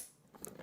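A component in a PC case build is slid all the way over to the right into its slot, having not been fully in before. A soft sliding scrape leads into a sharp, short click at 0.4 s as it slots into place and seats.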